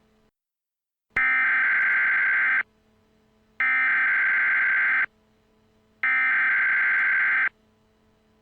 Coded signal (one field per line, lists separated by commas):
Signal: Emergency Alert System (SAME) tones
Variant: header bursts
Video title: EAS Scenario: Detroit Industrial Fire